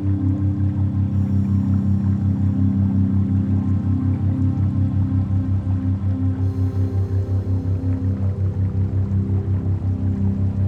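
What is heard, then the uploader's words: A steady, low throbbing tone pulses rapidly and evenly under a faint wash of running water, with brief brighter swells near one and six seconds. Floating in the Pools of Running Water - Theta Binaural Beat.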